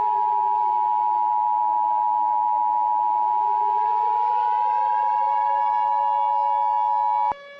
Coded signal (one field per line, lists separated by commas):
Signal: Emergency Alert System (SAME) tones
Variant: 853 and 960 Hz attention tone